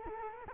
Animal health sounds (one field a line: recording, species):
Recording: mosquito wingbeat signal from an infrared sensor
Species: Culex quinquefasciatus